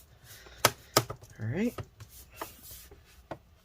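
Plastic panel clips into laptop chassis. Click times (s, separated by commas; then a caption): 0.6 s, 1.0 s. Plastic clips around a panel on an Alienware 17 R4 laptop are pressed home into the chassis, giving two loud snaps at 0.7 s and 1.0 s as they click into place. Someone talks briefly, and a few quieter taps follow.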